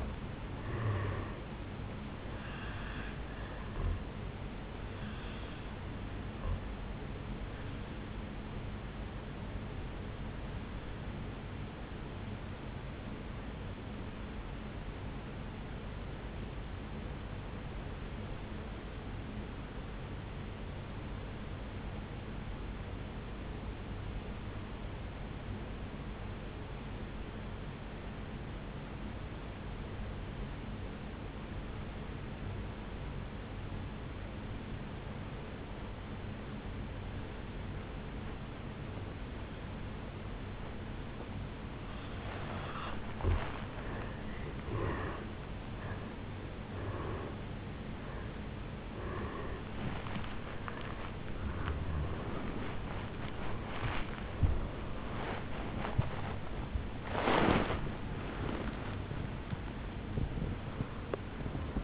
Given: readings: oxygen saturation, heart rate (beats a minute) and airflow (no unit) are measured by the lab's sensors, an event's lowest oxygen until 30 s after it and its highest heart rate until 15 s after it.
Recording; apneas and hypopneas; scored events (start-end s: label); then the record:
breathing in sleep by a voice recorder at the bedside; 1
2.00-61.84 s: new sleep stage, N2 (light sleep)
9.00-45.10 s: obstructive apnea (N2, oxygen 96% highest, then 84% lowest, heart rate 58 at the start, 75 highest)
From the record:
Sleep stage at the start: N1 (lightest sleep); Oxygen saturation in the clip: 82 to 96%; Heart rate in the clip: 54 to 75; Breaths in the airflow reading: 7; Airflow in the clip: -9.4 to 8.5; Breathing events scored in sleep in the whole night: 449 in 7.0 hours asleep